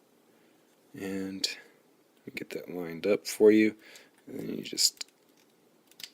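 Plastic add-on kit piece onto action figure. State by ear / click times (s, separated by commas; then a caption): seated / 6.0 s. A plastic add-on piece from the Megavolt Robot Factory MRF-00001 Coronation Add-On Kit is lined up on an action figure while someone talks. The piece is pushed on and gives a short, sharp click at 6.0 s as it locks into place.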